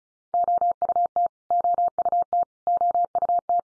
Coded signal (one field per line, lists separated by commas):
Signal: Morse code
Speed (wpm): 34 wpm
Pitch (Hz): 700 Hz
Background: none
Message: OUT OUT OUT